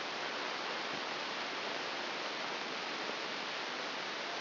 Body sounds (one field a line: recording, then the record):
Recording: brain microelectrode recording played as sound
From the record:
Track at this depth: outside the subthalamic nucleus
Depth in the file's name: 5.898 mm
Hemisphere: left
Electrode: 2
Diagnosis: Parkinson's disease